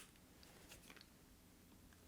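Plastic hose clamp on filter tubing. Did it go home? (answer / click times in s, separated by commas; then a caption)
no / none. A plastic hose clamp on filter tubing is handled and squeezed down toward closing, with a few faint, sharp ticks around 0.4, 0.9 and 1.0 seconds over a low, steady background. Nothing has seated or clicked home yet.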